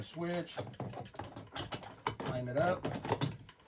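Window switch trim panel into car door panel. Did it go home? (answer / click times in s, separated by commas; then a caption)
no / none. Someone talks while a plastic door window switch trim panel is lined up and pressed toward the door panel of a 2018–2022 Toyota C-HR, with short handling knocks and taps, the sharpest near 2.1 s. The panel has not snapped or seated into place yet.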